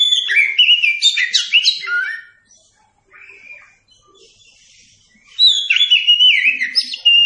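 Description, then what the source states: Oriental magpie-robin singing dense, varied whistled phrases, pausing briefly with soft notes, then resuming with loud sliding whistles. Kacer song used for training captive birds.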